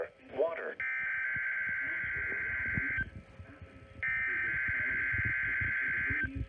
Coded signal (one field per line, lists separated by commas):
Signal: Emergency Alert System (SAME) tones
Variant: header bursts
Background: speech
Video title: Radios with Reverb - Tests from December 2021 (EAS#212-220)